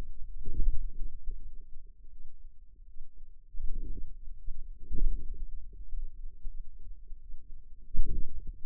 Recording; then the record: forearm muscle sounds (acoustic myography)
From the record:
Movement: hand closing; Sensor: system 2, bracelet of six BSWA MPA416 microphones around the upper forearm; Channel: 5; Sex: female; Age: 23 years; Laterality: right